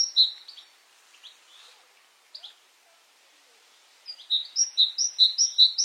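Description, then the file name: Great tit song: a few scattered high notes, then a quick run of repeated two-note phrases near the end. "Canto do chapins real"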